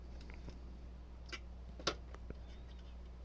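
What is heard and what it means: The circuit board in a Klipsch RSW-10D subwoofer amplifier being repaired is pressed down onto its mounting clip or standoff, giving a sharp snap at 1.9 s. Faint soft taps and a low steady hum surround it. The board clip snaps in and the board is seated, so it should now sit flatter.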